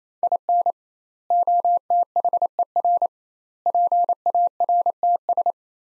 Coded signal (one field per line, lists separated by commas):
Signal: Morse code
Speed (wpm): 28 wpm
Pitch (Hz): 700 Hz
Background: none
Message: IN OTHER PARTS